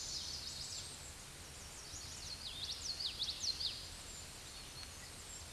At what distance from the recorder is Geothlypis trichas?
about 15 m